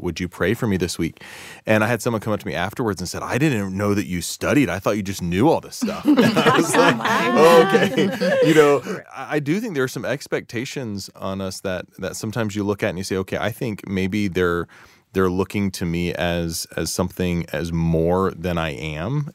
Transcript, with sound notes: Would you pray for me this week?” And I had someone come up to me afterward and say, “I didn’t know that you study. I just thought you knew all this stuff!” (laughter) You know, I do think there are some expectations on us that sometimes you say, “Okay, I think maybe they’re looking to me as something more than I am.